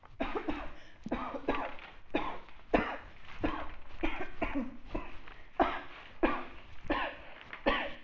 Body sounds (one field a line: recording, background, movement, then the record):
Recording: voluntary coughing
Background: quiet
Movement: walking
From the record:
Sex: female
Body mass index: 36.4 kg/m2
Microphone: on the chest, facing outward